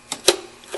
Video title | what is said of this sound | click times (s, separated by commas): How To Replace The Intake manifold 1996-2007 Ford 4.6 Liter | just take the line put it into the fitting push it into your snap and you're locked in | 0.3 s